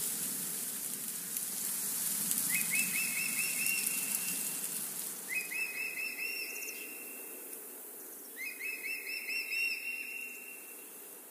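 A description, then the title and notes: Wind rustles steadily through leaves while a bird calls three times, at roughly three-second intervals, each call a bright, rapid run of whistled notes held level for about a second. Between the calls only the constant windy hiss remains. The windy forest.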